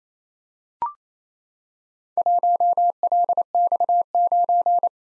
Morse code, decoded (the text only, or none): 1LX9